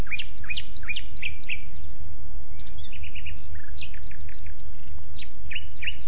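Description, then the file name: Common nightingale giving quick series of sweeping, slurred notes in several bursts, with a persistent low rumble underneath. "Luscinia megarhynchos"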